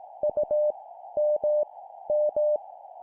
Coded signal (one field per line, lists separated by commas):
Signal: Morse code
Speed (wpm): 18 wpm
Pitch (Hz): 600 Hz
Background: none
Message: U M M